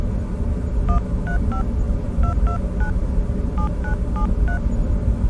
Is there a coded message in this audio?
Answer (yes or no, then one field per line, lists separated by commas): yes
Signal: DTMF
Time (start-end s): 0.9-4.6 s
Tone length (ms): 100 ms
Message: 135 229 7973